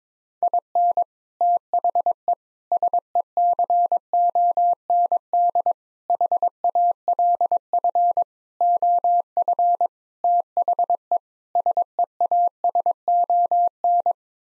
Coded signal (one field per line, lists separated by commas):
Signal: Morse code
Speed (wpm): 21 wpm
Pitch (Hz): 700 Hz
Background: none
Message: IN THE SECOND HALF OF THE SEASON